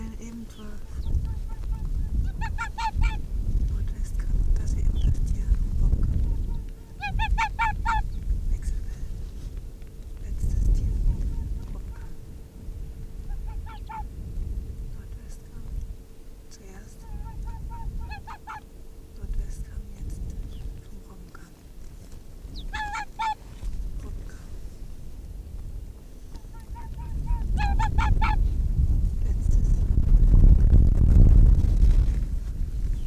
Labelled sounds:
Arctic Fox (Vulpes lagopus)

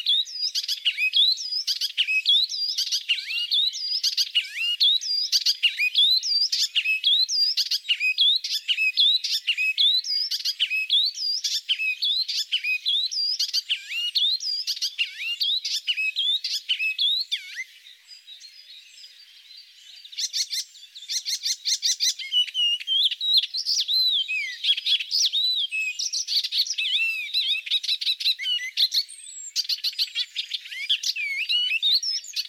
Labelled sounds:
Icterine Warbler (Hippolais icterina) song

